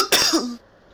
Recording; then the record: coughing mixed with background sound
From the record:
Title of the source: November cold (wet coughing)